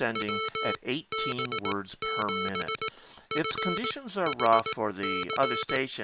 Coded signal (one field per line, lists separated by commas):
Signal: Morse code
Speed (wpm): 16 wpm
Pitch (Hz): 1320 Hz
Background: speech, music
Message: WB7FHC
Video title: Mr. Rags Macro Keyer - Pt 5 - Special Features